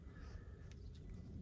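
A small button is pushed into the turn signal assembly of a GM steering column on a Cherokee XJ or Wrangler YJ during an ignition lock cylinder replacement. A brief, quiet click at 0.7 s stands out against a steady low rumble as the button fully seats.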